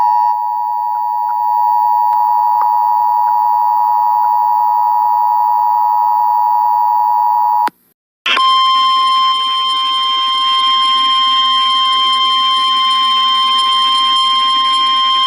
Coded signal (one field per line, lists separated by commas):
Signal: Emergency Alert System (SAME) tones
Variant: 853 and 960 Hz attention tone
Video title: EAS Tornado Warning For St. Louis Mo As Seen On 92.3 WIL-FM On 05-21-19.